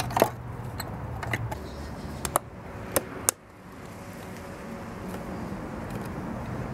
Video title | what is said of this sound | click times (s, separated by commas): How To Fix Your Side Mirror Using JB Weld | and you'll feel it kind of snap into place on some of those little mounts there | 2.4 s, 3.0 s, 3.3 s